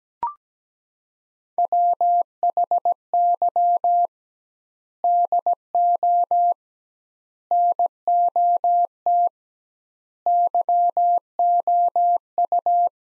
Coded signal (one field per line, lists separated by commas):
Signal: Morse code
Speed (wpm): 17 wpm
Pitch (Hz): 700 Hz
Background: none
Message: WHY DO NOT YOU